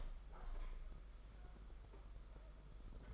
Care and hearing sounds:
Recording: daily activity, microphone in the room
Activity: open window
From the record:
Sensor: 5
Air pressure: 991.4 hPa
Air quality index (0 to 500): 103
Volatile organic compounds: 19 ppm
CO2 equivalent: 2659 ppm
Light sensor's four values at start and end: 39/125/47/50 and 39/125/47/50

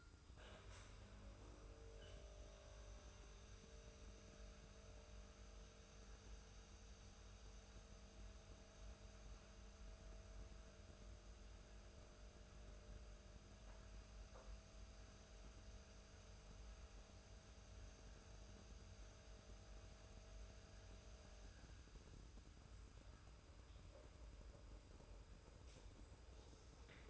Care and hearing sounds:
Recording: daily activity, microphone in the room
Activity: make coffee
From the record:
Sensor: 2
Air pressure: 990.7 hPa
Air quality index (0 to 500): 163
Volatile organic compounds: 776 ppm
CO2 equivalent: 5110 ppm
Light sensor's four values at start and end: 23/55/22/22 and 23/55/22/22

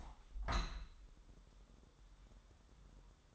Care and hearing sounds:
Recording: daily activity, microphone in the room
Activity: open window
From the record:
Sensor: 3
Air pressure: 1000.4 hPa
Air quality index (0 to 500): 248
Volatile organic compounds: 172 ppm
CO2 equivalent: 4112 ppm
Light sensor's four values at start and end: 10/23/9/9 and 10/25/10/10

